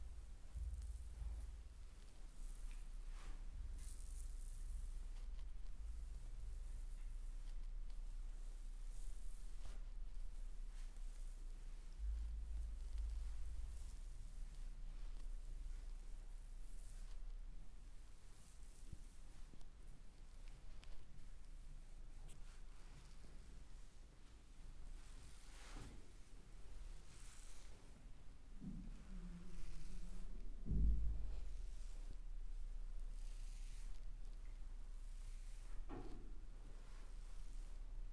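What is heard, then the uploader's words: A massage chair runs with a steady low hum and rumble throughout, its motor tone shifting slightly in strength now and then. Soft rustling and occasional light knocks come through, with a brief whirring swell and a sharp thump around thirty seconds. ASMR relaxing chair massage for deep sleep.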